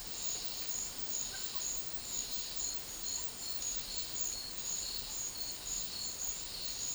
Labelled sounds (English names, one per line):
none